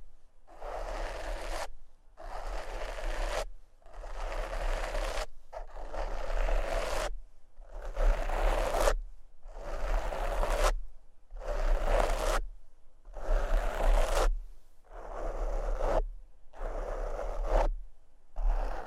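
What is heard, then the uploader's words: Microphone scratching and brushing: repeated rough strokes across the mic, each lasting about a second and a half with brief silent gaps between, roughly ten in all. The strokes are dense and scratchy, fairly bright, and a low steady hum sits underneath throughout. ASMR Microphone Scratching and Brushing (No Talking).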